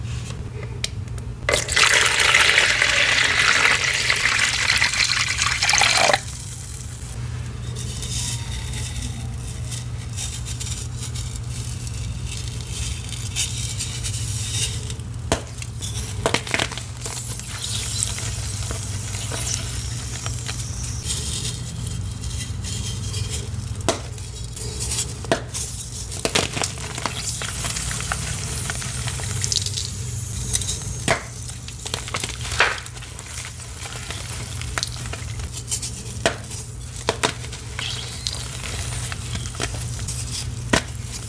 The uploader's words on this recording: Purple water crumbles asmr. ASMR crushing into water sounds.